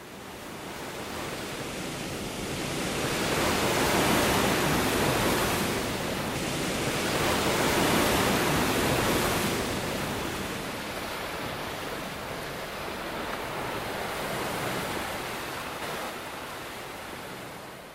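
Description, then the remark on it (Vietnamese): Ocean waves wash steadily onto the shore in a soft, hissing roar that swells and recedes in slow surges every few seconds, with no voices. “Nhưng những ngọn sóng vỗ bờ đã xóa đi tất cả.”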